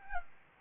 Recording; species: mosquito wingbeat signal from an infrared sensor; Aedes albopictus